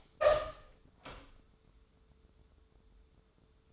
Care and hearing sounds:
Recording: daily activity, microphone in the room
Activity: open door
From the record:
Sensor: 3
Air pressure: 1015.2 hPa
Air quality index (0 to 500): 177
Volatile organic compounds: 16 ppm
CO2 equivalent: 2541 ppm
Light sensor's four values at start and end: 16/41/16/17 and 16/41/16/17

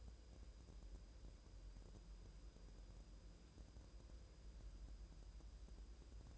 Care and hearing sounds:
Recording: daily activity, microphone in the room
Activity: wipe stove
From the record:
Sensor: 2

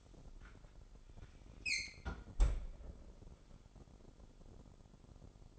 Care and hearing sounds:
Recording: daily activity, microphone in the room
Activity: close fridge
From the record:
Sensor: 5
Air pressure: 988.6 hPa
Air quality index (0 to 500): 220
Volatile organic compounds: 126 ppm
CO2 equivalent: 3908 ppm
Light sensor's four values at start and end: 42/126/49/53 and 41/127/49/53

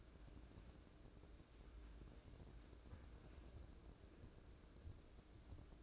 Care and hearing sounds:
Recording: daily activity, microphone in the room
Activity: wipe stove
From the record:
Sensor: 2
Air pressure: 1012.2 hPa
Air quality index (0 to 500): 158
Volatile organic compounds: 2 ppm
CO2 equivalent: 1154 ppm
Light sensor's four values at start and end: 401/1071/399/431 and 403/1077/401/434

